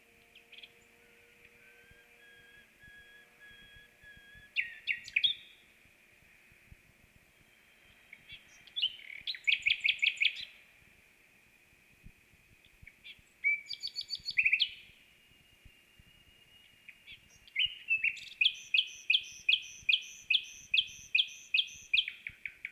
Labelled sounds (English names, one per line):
Common Nightingale song